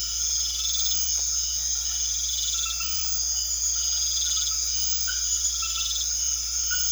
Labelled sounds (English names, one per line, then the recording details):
none
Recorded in secondary vegetation near Puerto Asís, Putumayo, Colombia, on 4 March 2025 at 22:30
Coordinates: 0.500, -76.326
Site GP04